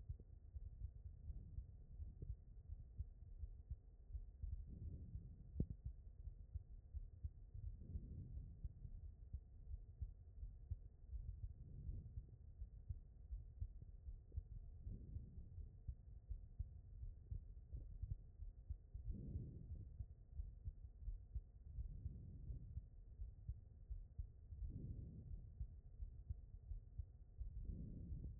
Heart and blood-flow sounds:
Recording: heart sounds by stethoscope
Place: aortic valve (AV)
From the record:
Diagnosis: non-HFrEF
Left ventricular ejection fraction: 69%

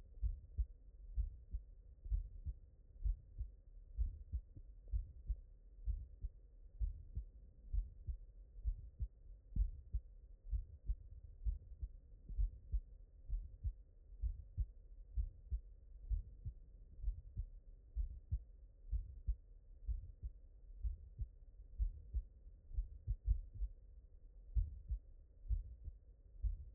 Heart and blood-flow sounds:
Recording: heart sounds by stethoscope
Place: mitral valve (MV)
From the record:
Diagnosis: non-HFrEF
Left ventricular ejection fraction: 57%

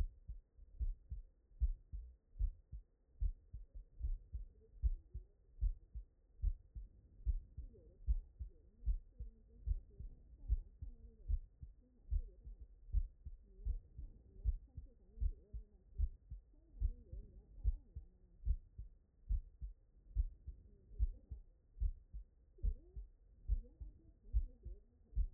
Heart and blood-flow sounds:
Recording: heart sounds by stethoscope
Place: tricuspid valve (TV)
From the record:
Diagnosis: non-HFrEF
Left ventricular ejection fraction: 68%

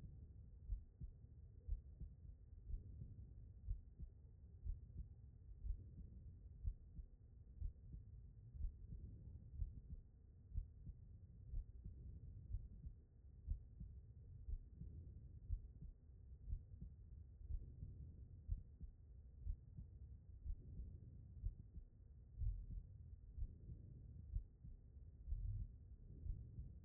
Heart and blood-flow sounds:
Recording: heart sounds by stethoscope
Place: aortic valve (AV)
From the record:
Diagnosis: non-HFrEF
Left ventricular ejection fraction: 65%

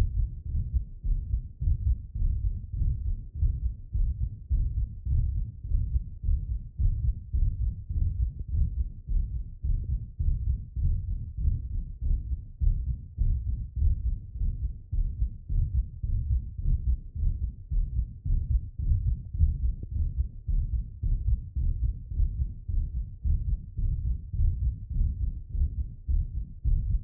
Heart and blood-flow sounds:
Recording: heart sounds by stethoscope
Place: aortic valve (AV)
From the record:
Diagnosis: non-HFrEF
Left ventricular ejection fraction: 44%

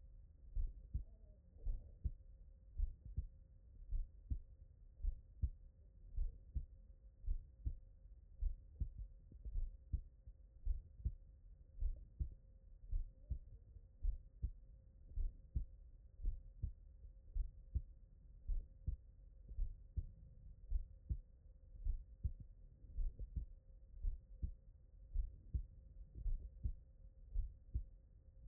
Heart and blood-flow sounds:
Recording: heart sounds by stethoscope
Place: tricuspid valve (TV)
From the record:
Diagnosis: non-HFrEF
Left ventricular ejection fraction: 72%

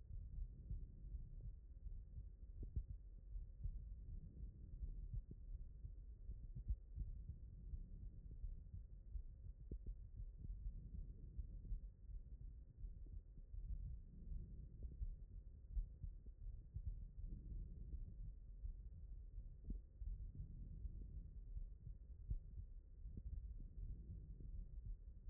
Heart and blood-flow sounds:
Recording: heart sounds by stethoscope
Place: aortic valve (AV)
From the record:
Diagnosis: non-HFrEF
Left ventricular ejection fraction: 60%

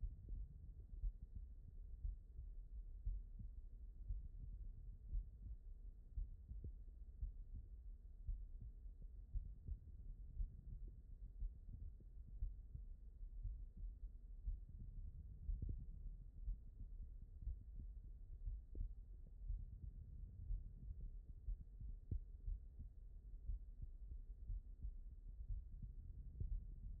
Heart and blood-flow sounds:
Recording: heart sounds by stethoscope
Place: aortic valve (AV)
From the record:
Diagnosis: non-HFrEF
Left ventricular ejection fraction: 72%

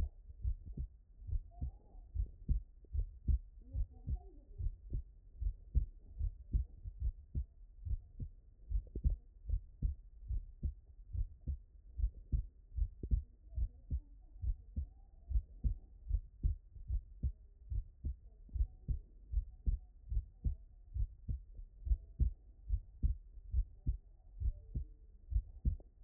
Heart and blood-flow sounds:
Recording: heart sounds by stethoscope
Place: tricuspid valve (TV)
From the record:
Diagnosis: non-HFrEF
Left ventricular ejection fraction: 60%

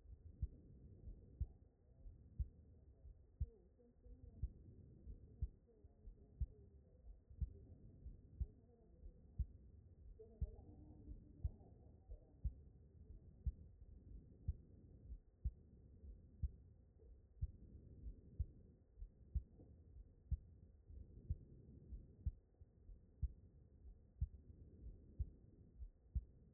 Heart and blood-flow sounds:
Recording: heart sounds by stethoscope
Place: aortic valve (AV)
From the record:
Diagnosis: non-HFrEF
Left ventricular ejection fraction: 49%

